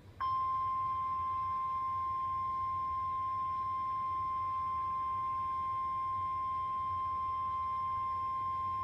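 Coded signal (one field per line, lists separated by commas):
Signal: Emergency Alert System (SAME) tones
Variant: 1050 Hz attention tone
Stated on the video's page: Real NOAA Weather Radio alerts recorded from a transmitter on 162.550 MHz at Evansville, Indiana.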